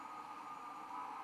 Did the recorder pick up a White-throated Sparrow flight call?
no